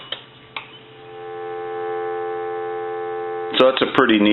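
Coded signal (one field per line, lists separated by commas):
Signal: telephone call progress tone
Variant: North America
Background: speech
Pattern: dial tone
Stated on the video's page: Tone heard during checkout and repair of a Dean Electric Company wood wall telephone.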